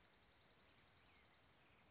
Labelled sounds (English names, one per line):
Dark-eyed Junco